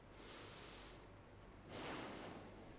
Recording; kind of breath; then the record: one breath in and out by a microphone near the nose and mouth; deep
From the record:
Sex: male